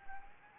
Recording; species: mosquito wingbeat signal from an infrared sensor; Anopheles arabiensis